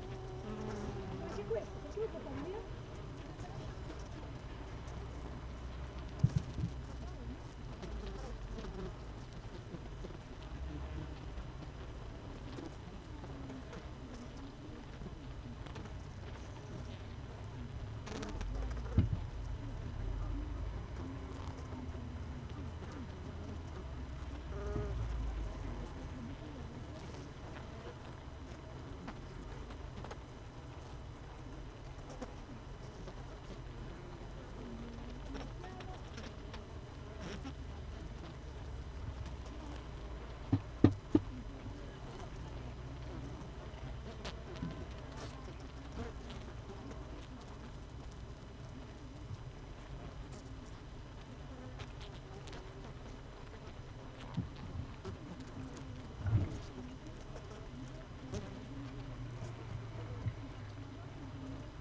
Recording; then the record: honeybee colony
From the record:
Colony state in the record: missing queen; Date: 31 May 2018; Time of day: 16:28